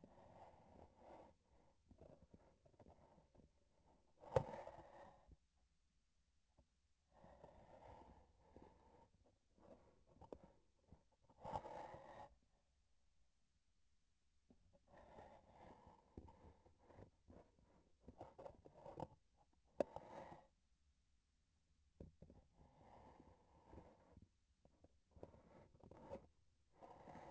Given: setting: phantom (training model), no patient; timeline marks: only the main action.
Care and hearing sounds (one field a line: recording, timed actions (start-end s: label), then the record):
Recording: laparoscopic instrument, vibration sensor on the handle end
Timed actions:
1.89-3.55 s: palpation
9.48-10.69 s: palpation
17.97-19.23 s: palpation
From the record:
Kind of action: gesture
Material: synthetic tissue